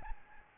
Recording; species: mosquito wingbeat signal from an infrared sensor; Aedes albopictus